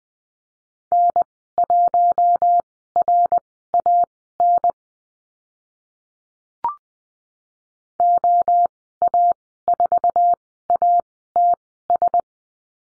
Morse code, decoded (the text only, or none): N1RAN OA4ATS